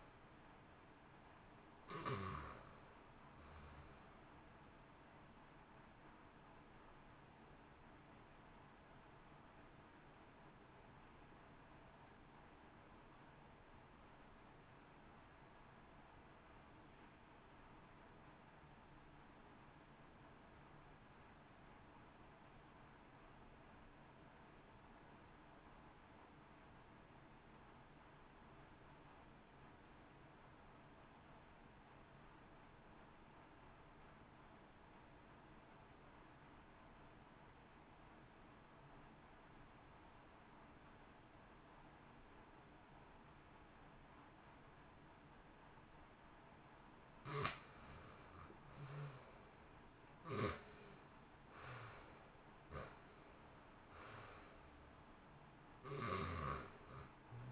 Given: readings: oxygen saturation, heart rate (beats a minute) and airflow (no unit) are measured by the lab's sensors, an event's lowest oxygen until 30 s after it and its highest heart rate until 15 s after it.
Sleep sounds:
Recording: breathing in sleep by a voice recorder at the bedside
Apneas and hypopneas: 1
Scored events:
13.00-44.60 s: obstructive apnea (REM, oxygen 93% highest, then 63% lowest, heart rate 57 at the start, 77 highest)
From the record:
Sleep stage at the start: REM sleep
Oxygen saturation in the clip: 71 to 93%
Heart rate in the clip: 57 to 77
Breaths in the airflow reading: 11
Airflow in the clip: -1.7 to 1.9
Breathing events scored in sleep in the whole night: 328 in 6.3 hours asleep

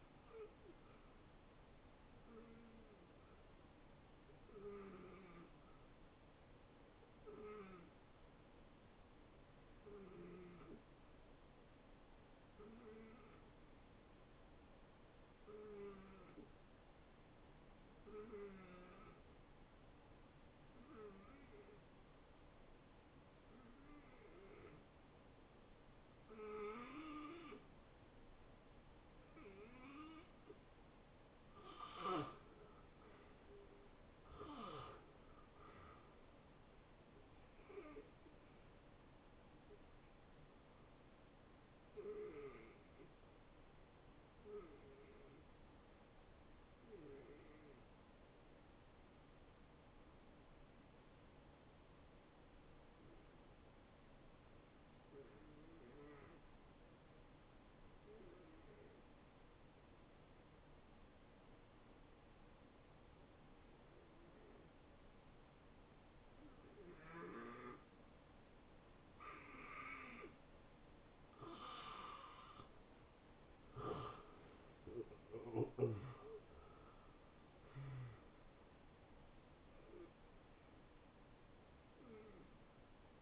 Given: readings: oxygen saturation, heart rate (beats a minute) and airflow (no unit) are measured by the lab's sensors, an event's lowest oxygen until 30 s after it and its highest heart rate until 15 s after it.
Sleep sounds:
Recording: breathing in sleep by a voice recorder at the bedside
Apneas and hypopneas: 2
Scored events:
6.00-31.80 s: hypopnea (N2, oxygen 90% highest, then 80% lowest, heart rate 80 at the start, 80 highest)
11.00-83.22 s: new sleep stage, N1 (lightest sleep)
46.00-70.30 s: hypopnea (N1, oxygen 93% highest, then 81% lowest, heart rate 78 at the start, 83 highest)
From the record:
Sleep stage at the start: N2 (light sleep)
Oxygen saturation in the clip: 78 to 93%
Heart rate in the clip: 72 to 83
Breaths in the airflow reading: 13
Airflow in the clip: -19.6 to 8.9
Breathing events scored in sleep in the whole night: 263 in 5.5 hours asleep

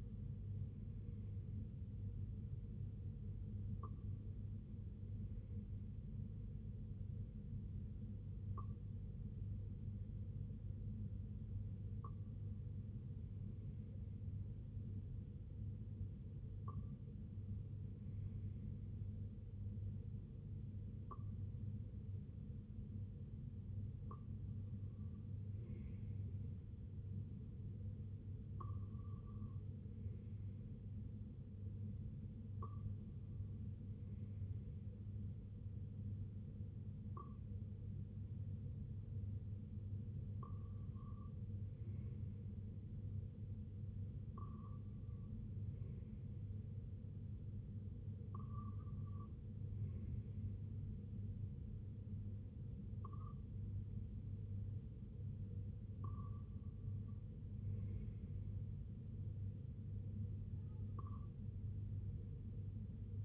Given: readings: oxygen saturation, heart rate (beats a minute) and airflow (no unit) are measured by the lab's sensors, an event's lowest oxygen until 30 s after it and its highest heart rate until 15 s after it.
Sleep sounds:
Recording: breathing in sleep by a smartphone at the bedside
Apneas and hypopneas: none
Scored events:
none scored
From the record:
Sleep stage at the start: N2 (light sleep)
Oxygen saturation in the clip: 94 to 95%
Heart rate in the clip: 60 to 66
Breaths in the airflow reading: 16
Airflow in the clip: -6.3 to 3.1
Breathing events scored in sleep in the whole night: 258 in 7.4 hours asleep

